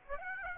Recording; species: mosquito wingbeat signal from an infrared sensor; Aedes aegypti